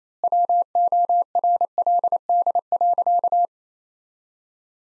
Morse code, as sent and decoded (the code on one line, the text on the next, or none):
.-- --- .-. .-.. -.. .-.-.-
WORLD.